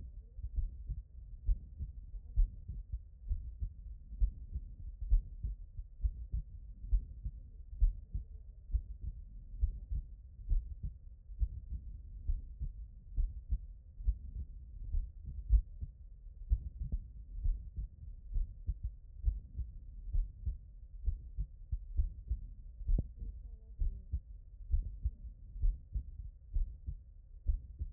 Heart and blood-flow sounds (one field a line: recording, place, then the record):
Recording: heart sounds by stethoscope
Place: tricuspid valve (TV)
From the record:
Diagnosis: non-HFrEF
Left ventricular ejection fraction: 46%